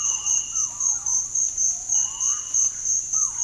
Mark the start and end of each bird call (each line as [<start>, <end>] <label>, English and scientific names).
[0.00, 3.43] Purple-throated Fruitcrow (Querula purpurata)